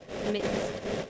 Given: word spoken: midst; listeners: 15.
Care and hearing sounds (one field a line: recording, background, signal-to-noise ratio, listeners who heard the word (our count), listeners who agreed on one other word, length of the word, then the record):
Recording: one English word in noise, from a listening test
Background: noise modulated by three-talker babble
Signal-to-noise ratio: -4.9 dB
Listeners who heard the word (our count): 1 of 15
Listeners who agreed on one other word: 9 of 15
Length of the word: 0.70 s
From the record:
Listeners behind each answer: 9, 4, 1, 1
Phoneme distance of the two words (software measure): 7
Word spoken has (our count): 1 syllable, 5 phonemes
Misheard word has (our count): 1 syllable, 4 phonemes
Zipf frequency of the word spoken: 3.59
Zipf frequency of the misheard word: 3.95